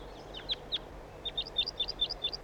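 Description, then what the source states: Crossbill flight calls: two scattered high chips, then a rapid even string of sharp, rising chip notes, with low rumbling noise throughout. Flight calls of a wild bird.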